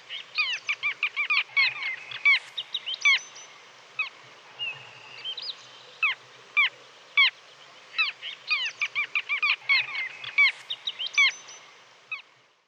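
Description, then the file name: Little gull calls: repeated sharp kek-like notes in quick clusters with short pauses, plus a few longer flat tones in between. "dvargmas"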